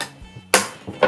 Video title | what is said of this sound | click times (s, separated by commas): * 그냥 제대로 망했다ㅋㅋㅋ) 일본 도쿄에서 산 너프 과녁 리뷰 & 언박싱 with 박PD // 코너 Korner | 이렇게 탁 소리가 나면서 껴집니다. | 0.5 s